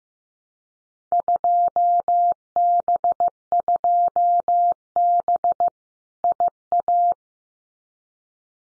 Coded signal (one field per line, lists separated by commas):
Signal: Morse code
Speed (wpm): 15 wpm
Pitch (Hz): 700 Hz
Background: none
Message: 2B2B IA